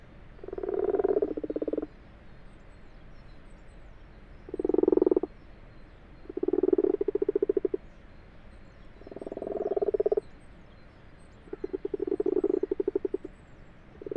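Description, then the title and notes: Common frog: low grating purrs from common frogs, five separate bursts spaced a couple of seconds apart, each swelling then stopping. Common frogs purring in full daylight, 21 February 2020 at 12:45, abandoned water-filled wash house in a field, Fourcinet, Drôme, France; Nagra LB, binaural. "Ca roucoule dans le lavoir. 21 février 2020-12h45-Fourcinet - Drôme. roucouler les Grenouilles rousses (Rana temporia)"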